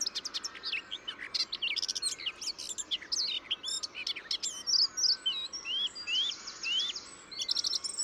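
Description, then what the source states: Bird pouring out continuous high chirps, slurred whistles and a brief buzzy trill, the phrases changing constantly without a repeated pattern. Described as hyper-imitative.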